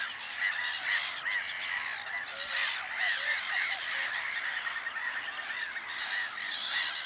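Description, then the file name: Black-headed gull calls: a dense, continuous chorus of harsh, grating screeches overlapping throughout, with no pauses between them. "mouette rieuse"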